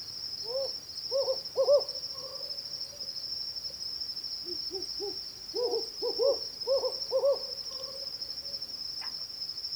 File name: Humes Owl Pulsed Hooting Compound Hooting In Territorial Confrontation Between Two Males